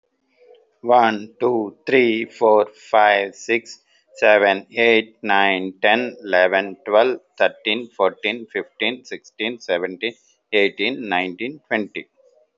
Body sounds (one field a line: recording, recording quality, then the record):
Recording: counting at a normal pace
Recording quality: excellent, no background noise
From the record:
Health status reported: healthy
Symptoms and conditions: hypertension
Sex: male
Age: 50 years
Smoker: not ticked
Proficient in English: yes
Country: India